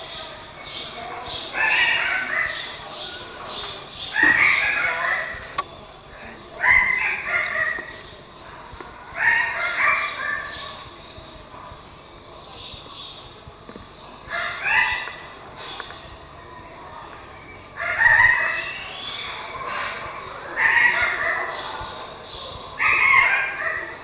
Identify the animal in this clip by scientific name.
Paradisaea rubra